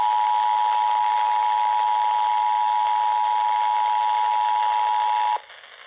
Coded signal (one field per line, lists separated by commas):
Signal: Emergency Alert System (SAME) tones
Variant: 853 and 960 Hz attention tone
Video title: (EAS #964) Flash Flood Warning WRBK 90.3 FM 7/22/25